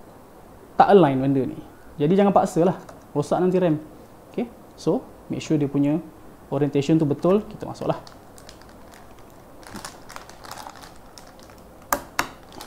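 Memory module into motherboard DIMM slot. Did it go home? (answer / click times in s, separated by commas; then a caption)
yes / 11.9 s, 12.2 s. Someone talks for most of the clip while a DDR4 Trident Z Royal memory stick is lined up in the correct orientation and pressed down into a motherboard DIMM slot. A few faint ticks come around 9.9–10.5 s, then two sharp, loud clicks at 11.9 s and 12.2 s as the slot's plastic retention clips snap shut. The RAM stick is seated.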